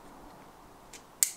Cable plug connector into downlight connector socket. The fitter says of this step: and tight you hear it click and that will not come out